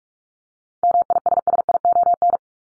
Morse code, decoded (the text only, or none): MISSION